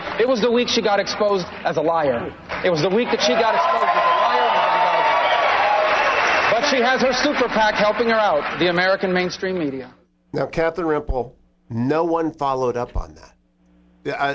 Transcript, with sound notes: It was the week she got exposed as a liar. It was the week that she got exposed as a liar in Benghazi. (applause) But she has her superPAC helping her out, the American mainstream media.
Now Catherine Rampell, no one followed up on that.